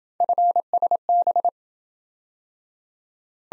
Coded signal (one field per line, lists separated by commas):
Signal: Morse code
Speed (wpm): 26 wpm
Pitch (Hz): 700 Hz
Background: none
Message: FSB